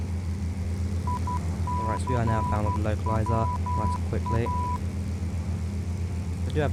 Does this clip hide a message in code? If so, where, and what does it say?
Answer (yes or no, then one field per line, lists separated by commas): yes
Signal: Morse code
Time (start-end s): 1.1-4.8 s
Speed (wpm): 12 wpm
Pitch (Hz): 990 Hz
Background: speech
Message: ICWA